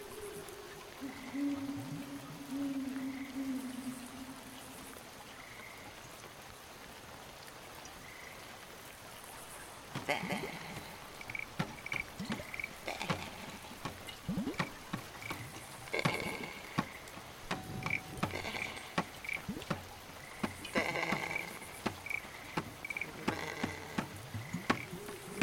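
Night sounds from the woods: a soft steady hiss with faint low calls early, then from ten seconds dense irregular clicks, splashes and rustling.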